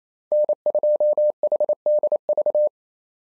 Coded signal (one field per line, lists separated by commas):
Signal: Morse code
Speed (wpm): 28 wpm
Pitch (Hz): 600 Hz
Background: none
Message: N2HDV